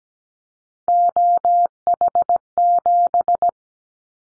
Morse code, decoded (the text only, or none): OH7